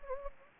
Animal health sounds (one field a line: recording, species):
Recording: mosquito wingbeat signal from an infrared sensor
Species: Anopheles gambiae